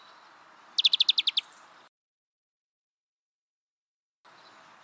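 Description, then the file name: European greenfinch giving one fast twittering trill of about seven bright notes, followed by a stretch of complete silence. "Chloris chloris"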